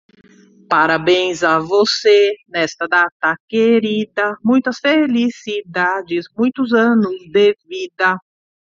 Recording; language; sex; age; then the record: short text; Brazilian Portuguese; female; 40 to 49 years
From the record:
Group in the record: control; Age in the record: 49 years